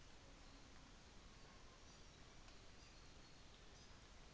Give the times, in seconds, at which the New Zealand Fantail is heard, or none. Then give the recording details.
1.73-2.15, 3.56-3.93. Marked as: faintness 5/5. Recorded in New Zealand on 24 December 2018. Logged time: 11:00